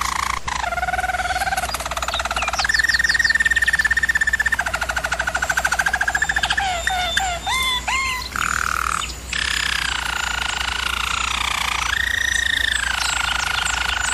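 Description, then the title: German Roller canary singing varied tours: held tones, rapid pulsed rolls, bubbling upslurred notes and short pauses, with a constant low hum. German Roller canary singing, a training recording for teaching canaries song. "German Roller Canary Singing - Canary Training Vid"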